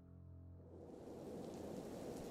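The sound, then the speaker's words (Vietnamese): A low, steady humming tone opens briefly, then gives way to the dense, continuous roar of heavy thunderstorm rain on an island, with the sea roaring and repeated thunder, loud and unbroken, with a deep rumbling weight underneath and no voices. “Mưa giông bên ngoài rất lớn, biển kêu lên ầm ầm tưởng như đang sụp đổ, sấm chớp liên hồi, hệt như ông trời đang sôi đèn để bắt kẻ gian đang lẩn trốn đâu đó trên hòn đảo âm u này.”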